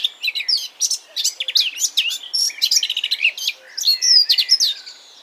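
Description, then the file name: Eurasian blackcap song: an energetic, continuous warble of mixed scratchy and fluting notes, ending in clear, rich whistled phrases. "Sylvia atricapilla"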